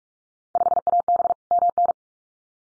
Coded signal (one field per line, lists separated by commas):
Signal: Morse code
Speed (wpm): 44 wpm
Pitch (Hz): 700 Hz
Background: none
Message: 5AB MN